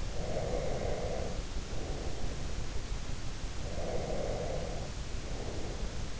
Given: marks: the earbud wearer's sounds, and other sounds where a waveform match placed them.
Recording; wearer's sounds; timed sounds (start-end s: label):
sounds in sleep by an in-ear microphone; breath
0.00-2.54 s: breath
3.61-6.15 s: breath